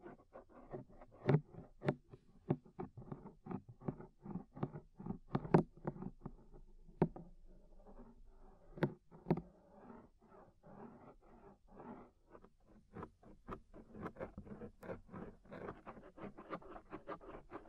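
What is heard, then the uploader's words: Ear scraping, heard as a dense run of sharp crackles and clicks that never stops across the whole stretch. Under the crackling runs a low, muffled rubbing. Louder pops break through every second or so, most strongly in the first ten seconds. Inner and Outer Ear Scraping (No Talking).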